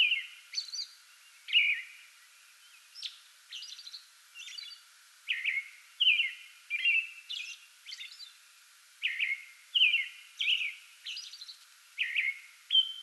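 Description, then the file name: American robin song: a steady run of clear caroling phrases, whistled notes alternating with higher squeaky syllables. Pre-dawn song bout, 8 May 2022. "2022-05-08 American Robin pre-dawn song bout"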